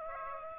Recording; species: mosquito wingbeat signal from an infrared sensor; Aedes aegypti